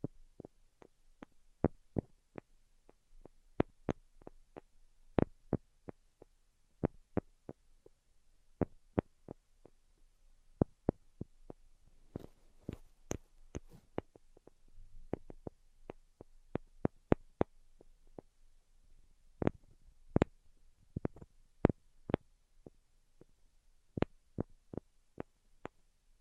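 Sharp tapping goes on throughout, with no talking: quick, crisp taps arriving in irregular bursts, some clustered tightly and others spaced apart. Around the fourteen-second mark a brief softer rustle sits among the taps, with a faint low hum underneath.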